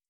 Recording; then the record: hydrophone in a shrimp aquaculture tank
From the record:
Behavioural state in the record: starved